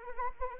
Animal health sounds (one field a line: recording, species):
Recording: mosquito wingbeat signal from an infrared sensor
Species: Anopheles arabiensis